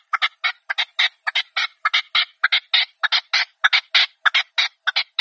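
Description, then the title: Partridge calling steadily with rapid, loud, rasping notes repeated without pause throughout. Call used as a hunting lure. "Canto de Perdiz. Reclamo de Perdiz"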